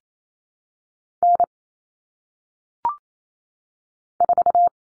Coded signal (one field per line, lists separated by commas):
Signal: Morse code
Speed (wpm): 28 wpm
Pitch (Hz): 700 Hz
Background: none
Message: N 4